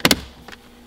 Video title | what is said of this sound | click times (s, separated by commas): BMW G30 : TOUCH CLIMATE CONTROL (Under $150) | and it should snap right in place | 0.0 s, 0.1 s